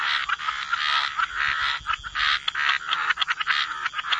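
Frogs calling together in a thick chorus of raspy croaks and short trills, overlapping almost without pause throughout.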